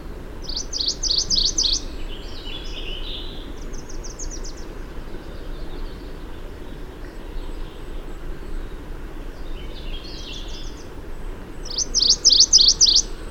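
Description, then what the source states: MacGillivray's warbler singing short, high, buzzy trilled phrases, a loud one near the start and another near the end with fainter ones between, over steady rushing background noise. Recorded on 4 June 2001.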